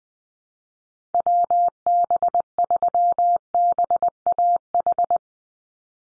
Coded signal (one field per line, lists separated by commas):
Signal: Morse code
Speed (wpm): 19 wpm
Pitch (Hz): 700 Hz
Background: none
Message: WB3BAH